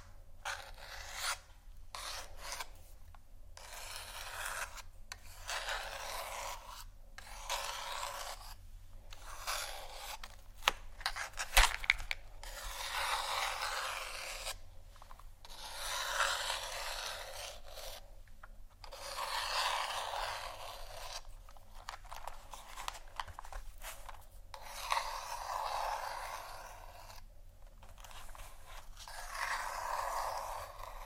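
Scratching sounds come in dense, rasping bursts of a second or two, separated by brief silent gaps at a fairly regular pace throughout. The scratches are bright and hissy, with a low steady hum underneath and a few sharp clicks around eleven seconds.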